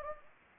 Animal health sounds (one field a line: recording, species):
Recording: mosquito wingbeat signal from an infrared sensor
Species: Anopheles gambiae